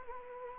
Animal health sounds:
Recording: mosquito wingbeat signal from an infrared sensor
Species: Anopheles gambiae

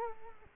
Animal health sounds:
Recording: mosquito wingbeat signal from an infrared sensor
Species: Culex quinquefasciatus

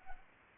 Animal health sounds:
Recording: mosquito wingbeat signal from an infrared sensor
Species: Culex pipiens

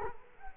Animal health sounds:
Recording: mosquito wingbeat signal from an infrared sensor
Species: Culex quinquefasciatus

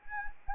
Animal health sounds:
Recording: mosquito wingbeat signal from an infrared sensor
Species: Anopheles arabiensis

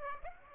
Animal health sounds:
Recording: mosquito wingbeat signal from an infrared sensor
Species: Aedes aegypti

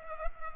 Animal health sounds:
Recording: mosquito wingbeat signal from an infrared sensor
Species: Culex pipiens

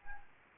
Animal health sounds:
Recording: mosquito wingbeat signal from an infrared sensor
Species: Anopheles arabiensis

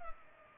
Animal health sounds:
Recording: mosquito wingbeat signal from an infrared sensor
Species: Culex pipiens

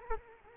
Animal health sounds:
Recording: mosquito wingbeat signal from an infrared sensor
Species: Culex quinquefasciatus

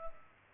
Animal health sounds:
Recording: mosquito wingbeat signal from an infrared sensor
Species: Culex pipiens

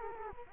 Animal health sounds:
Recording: mosquito wingbeat signal from an infrared sensor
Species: Culex quinquefasciatus

